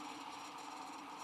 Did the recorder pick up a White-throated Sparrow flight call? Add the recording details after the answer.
no. No flight call is heard. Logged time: 00:48 on 19 December 2014